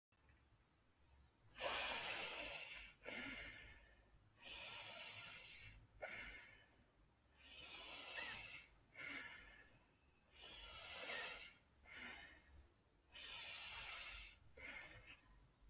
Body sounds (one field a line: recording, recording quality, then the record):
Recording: deep breathing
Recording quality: excellent, no background noise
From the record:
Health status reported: healthy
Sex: male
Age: 30 years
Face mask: not worn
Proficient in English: yes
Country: India